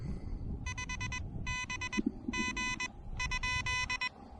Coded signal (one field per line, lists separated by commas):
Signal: Morse code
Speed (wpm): 21 wpm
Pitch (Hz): 2000 Hz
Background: none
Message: 5 B G ?